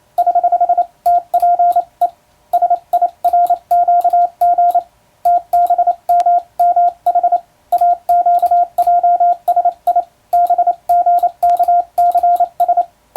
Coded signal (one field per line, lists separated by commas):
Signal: Morse code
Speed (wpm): 28 wpm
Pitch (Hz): 700 Hz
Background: radio noise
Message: <HH> TPE SIRQG TBMMH AQJSI BGKCS